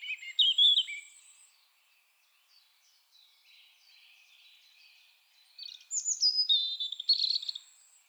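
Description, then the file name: European robin song: a bright warbled phrase at the start, a long pause with faint high notes, then a rapid, varied phrase of sharp whistles. "Erithacus rubecula"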